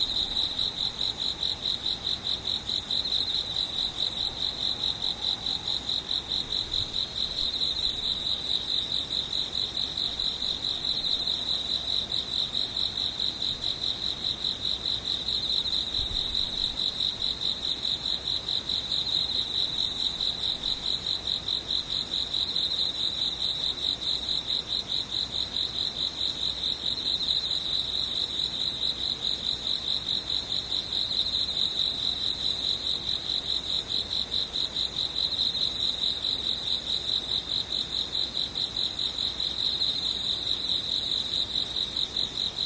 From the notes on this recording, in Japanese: ムシ